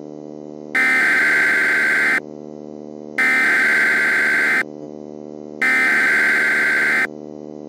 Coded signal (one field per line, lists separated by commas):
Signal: Emergency Alert System (SAME) tones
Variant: header bursts